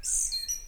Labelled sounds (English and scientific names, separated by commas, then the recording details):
Stitchbird (Notiomystis cincta) song
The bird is a male
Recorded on Tiritiri Matangi Island, New Zealand, in 2005
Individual 4, of nest box 4